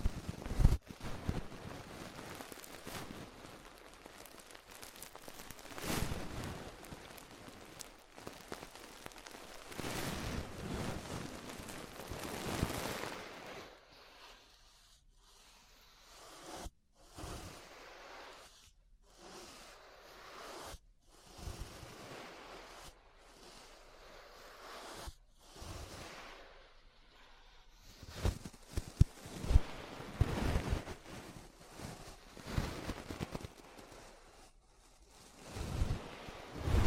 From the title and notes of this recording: ASMR Relaxing 3Dio Ear Brushing (No Talking).